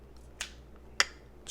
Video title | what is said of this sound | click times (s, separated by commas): GoPro Media Mod Review | clicks into place and there you go now you look like the scuba diver and finding nemo | 1.0 s